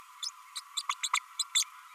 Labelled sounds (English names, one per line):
Green-rumped Parrotlet babbling